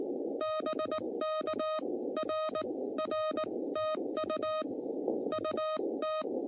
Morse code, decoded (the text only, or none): BK R R TU UT